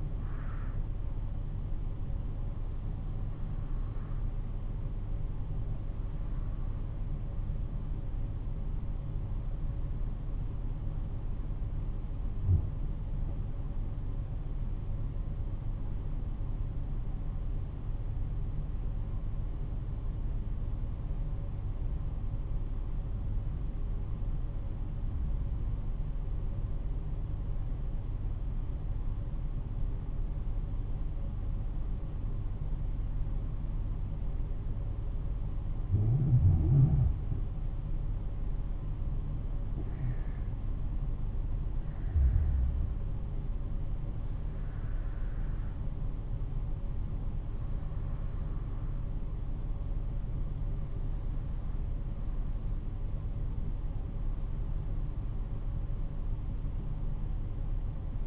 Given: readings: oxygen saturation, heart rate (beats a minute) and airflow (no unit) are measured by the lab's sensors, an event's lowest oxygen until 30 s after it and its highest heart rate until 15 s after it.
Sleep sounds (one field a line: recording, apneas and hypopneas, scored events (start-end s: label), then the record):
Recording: breathing in sleep by a smartphone at the bedside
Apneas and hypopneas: 1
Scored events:
18.00-37.40 s: hypopnea (N1, oxygen 96% highest, then 88% lowest, heart rate 52 at the start, 59 highest)
25.00-58.27 s: new sleep stage, N2 (light sleep)
From the record:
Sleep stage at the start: N1 (lightest sleep)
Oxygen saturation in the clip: 86 to 96%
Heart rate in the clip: 49 to 63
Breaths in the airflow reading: 12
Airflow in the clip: -6.2 to 8.9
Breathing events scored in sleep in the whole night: 388 in 6.5 hours asleep